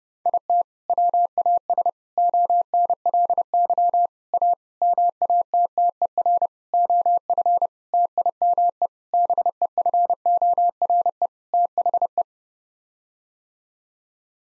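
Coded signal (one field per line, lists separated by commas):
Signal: Morse code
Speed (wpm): 30 wpm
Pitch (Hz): 700 Hz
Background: none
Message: IT WAS ONLY A MATTER OF TIME BEFORE THE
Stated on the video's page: Head-copy drill of common nine-word groups at 30 wpm, each set sent in Morse, then spoken, then sent again.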